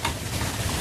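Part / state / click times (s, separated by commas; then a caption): plastic piece into the roller coaster toy frame / not seated / none. A plastic piece of a duck roller coaster toy is pushed into the toy's frame in a further attempt to fit it, giving a brief sharp sound at about 0.1 s over a steady low hum. The piece does not fit, and nothing has seated or clicked yet.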